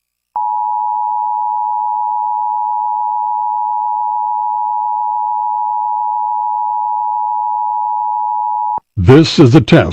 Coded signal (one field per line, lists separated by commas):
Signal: Emergency Alert System (SAME) tones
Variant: 853 and 960 Hz attention tone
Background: speech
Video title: Virginia EAS Alert: Required Monthly Test (08/07/2023)